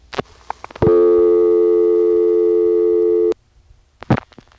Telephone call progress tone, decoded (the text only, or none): dial tone